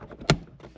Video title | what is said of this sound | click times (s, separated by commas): FitcamX Install/Review. 2026 Toyota Sequoia TRD Pro. | you'll feel it click back into place with those two red clips on on the edges. | 0.3 s